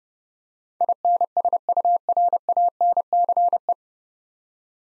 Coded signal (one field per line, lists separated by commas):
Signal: Morse code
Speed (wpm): 30 wpm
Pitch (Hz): 700 Hz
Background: none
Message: INSURANCE